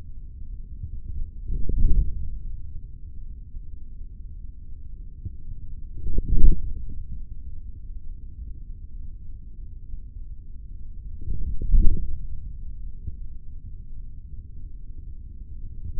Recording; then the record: forearm muscle sounds (acoustic myography)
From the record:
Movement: forearm supination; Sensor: system 3, bracelet of six PUI Audio POM-2738L microphones around the upper forearm, with dedicated amplification and filtering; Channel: 1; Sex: male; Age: 56 years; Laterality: right